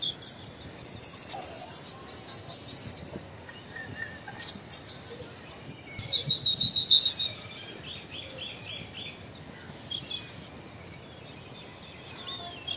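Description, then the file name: Indian silverbill song with scattered high tinkling notes and a brief, rapid burst of sharp repeated chirps midway, against constant background noise. "canto do bico de chumbo indiano"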